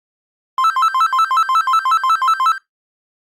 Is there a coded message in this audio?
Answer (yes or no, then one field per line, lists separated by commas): no